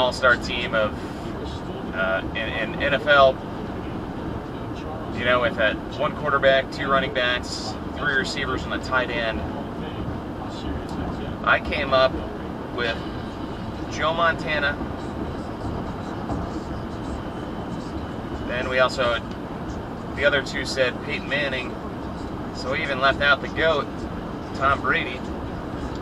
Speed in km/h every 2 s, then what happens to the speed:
109, 109, 111, 111, 111, 111, 111, 109, 109, 109, 111, 111, 109.
0-26 steady at about 111.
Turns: none.